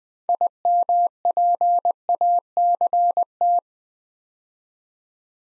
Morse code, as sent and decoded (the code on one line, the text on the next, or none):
.. -- .--. .- -.-. -
IMPACT